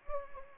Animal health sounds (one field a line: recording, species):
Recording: mosquito wingbeat signal from an infrared sensor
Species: Anopheles gambiae